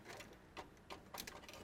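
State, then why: Not seated. A prefilled staple cartridge is pushed back into the finisher stapler unit of an MP6054 office copier, producing a series of small plastic knocks and taps around 0.6, 0.9, 1.2, 1.3 and 1.5 seconds. The cartridge has not seated or clicked into place yet.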